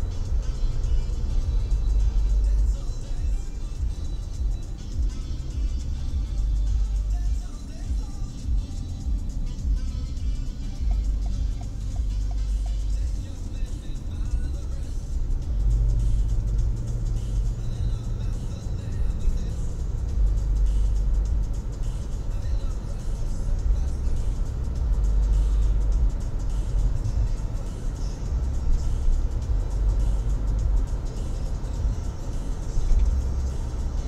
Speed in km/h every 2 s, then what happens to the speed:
43, 37, 29, 26, 24, 22, 27, 33, 40, 46, 51, 54, 58, 61, 63, 66, 67.
1-10 slows to 22. 10-34 speeds up to 67.